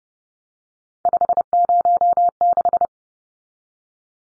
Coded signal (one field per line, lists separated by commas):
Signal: Morse code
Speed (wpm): 30 wpm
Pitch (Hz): 700 Hz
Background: none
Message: 506